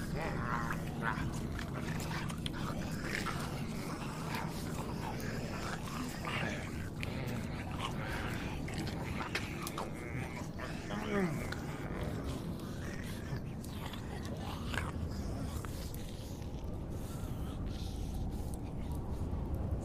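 Zombies moan and growl in a thick, low, unbroken mass while wet biting and crunching snaps through constantly, easing slightly in the final seconds.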